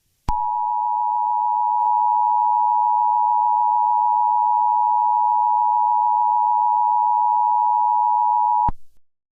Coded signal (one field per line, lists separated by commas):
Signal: Emergency Alert System (SAME) tones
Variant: 853 and 960 Hz attention tone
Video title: EAS Scenario- Severe Thunderstorm Warning